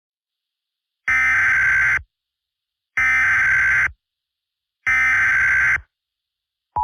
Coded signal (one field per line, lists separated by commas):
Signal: Emergency Alert System (SAME) tones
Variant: header bursts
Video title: EAS Scenario 2: The Great Tornado Outbreak